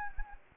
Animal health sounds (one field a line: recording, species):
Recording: mosquito wingbeat signal from an infrared sensor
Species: Anopheles gambiae